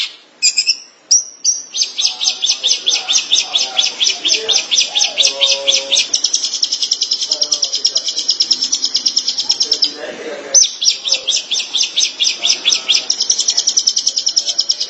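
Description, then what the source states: Shrike chattering in a long stream of rapid buzzy high notes with a few brief breaks, and faint lower sounds underneath. Recorded in March 2017.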